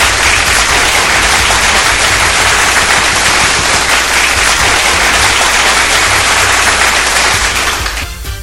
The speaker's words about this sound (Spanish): Un aplauso, por favor.